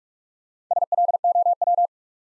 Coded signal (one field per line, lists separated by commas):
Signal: Morse code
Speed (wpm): 45 wpm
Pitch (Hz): 700 Hz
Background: none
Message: SLOW